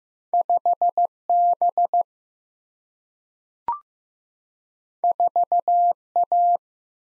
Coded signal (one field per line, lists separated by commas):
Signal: Morse code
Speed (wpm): 15 wpm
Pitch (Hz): 700 Hz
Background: none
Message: 5B 4A